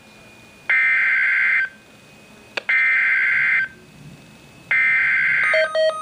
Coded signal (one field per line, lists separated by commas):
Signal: Emergency Alert System (SAME) tones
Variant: header bursts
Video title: Flash Flood Warning (EAS Alert #774)